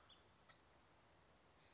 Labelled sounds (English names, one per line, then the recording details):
Bewick's Wren
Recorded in Sonoma County, California